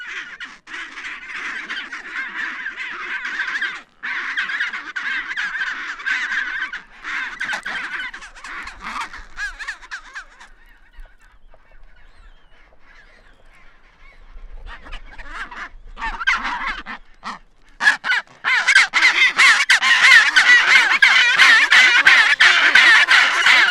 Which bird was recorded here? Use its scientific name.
Pygoscelis antarcticus